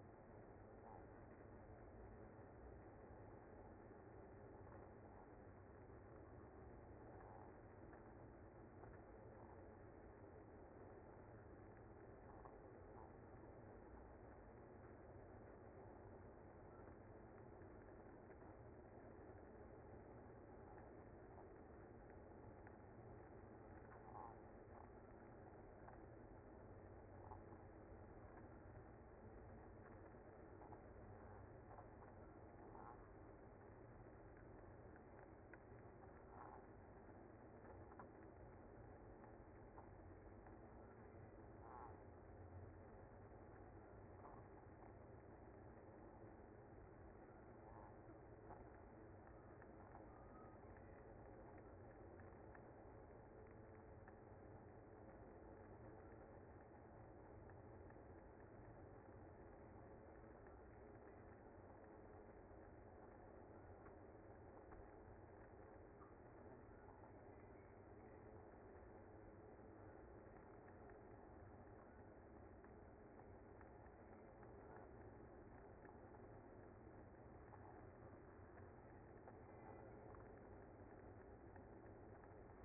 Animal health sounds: honeybee colony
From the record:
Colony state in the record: active

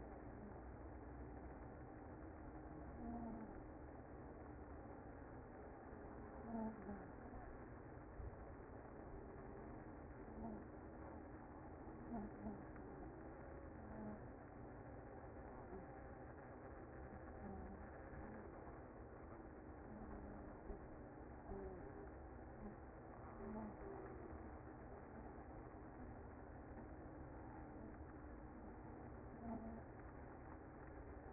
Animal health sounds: honeybee colony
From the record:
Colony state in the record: active

